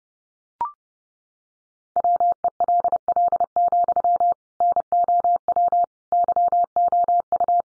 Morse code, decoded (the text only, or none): WELL, NOW YOU